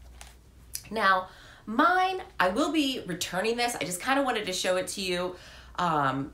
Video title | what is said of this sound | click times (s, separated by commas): Petite Malle Amazon Dupe - Designer Bag Dupe | to it and it just snaps right in similar to the petite mall now | 0.8 s